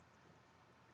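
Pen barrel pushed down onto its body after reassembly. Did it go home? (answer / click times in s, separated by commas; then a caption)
no / none. A reassembled glitter brush pen's barrel is pushed down onto its body to seat it. Only a steady broadband hiss is heard, with no sharp sound. Nothing has clicked or seated yet.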